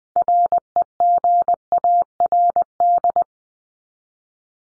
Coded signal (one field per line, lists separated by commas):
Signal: Morse code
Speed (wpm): 20 wpm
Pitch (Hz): 700 Hz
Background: none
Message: REGARD